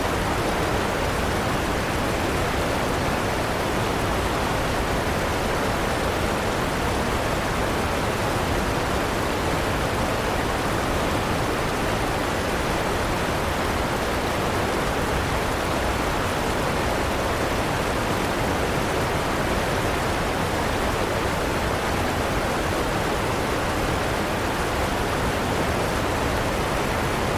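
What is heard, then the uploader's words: A river rushes steadily, a dense, unbroken wash of water that fills everything from deep low rumble up to a soft hiss at the top. The sound holds at the same level for the whole half minute, with no separate splashes or other noises. Relaxing Water Sounds. River White Noise.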